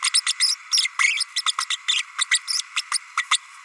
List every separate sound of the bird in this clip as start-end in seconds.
0.02-0.10, 0.14-0.21, 0.26-0.33, 0.40-0.56, 0.77-0.88, 0.99-1.25, 1.36-1.42, 1.46-1.52, 1.58-1.65, 1.70-1.77, 1.88-2.02, 2.18-2.25, 2.31-2.38, 2.47-2.62, 2.76-2.81, 2.91-2.99, 3.17-3.25, 3.31-3.39